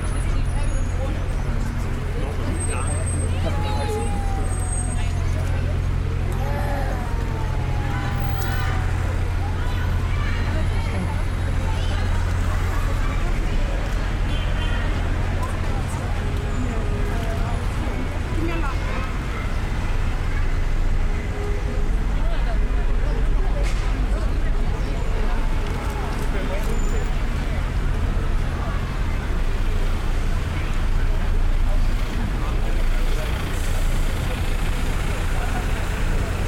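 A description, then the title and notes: Busy night-time street crowd, with many voices chattering and calling over one another. A steady low rumble of traffic and idling engines runs underneath throughout, with a few brief high whistles or squeals near the start. Soho at night | London. A bustling binaural walk through London's Soho. Londoners and tourists fill the streets, bars and clubs on a Saturday night.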